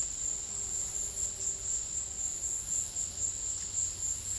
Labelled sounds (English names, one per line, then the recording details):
none
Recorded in secondary vegetation near Puerto Asís, Putumayo, Colombia, on 4 March 2025 at 13:30
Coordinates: 0.484, -76.319
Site G010